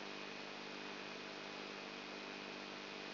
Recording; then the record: brain microelectrode recording played as sound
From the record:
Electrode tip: inside the subthalamic nucleus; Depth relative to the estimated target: 1 mm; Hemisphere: left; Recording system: AlphaMap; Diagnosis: Parkinson's disease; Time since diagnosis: 12 years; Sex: female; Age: 59 years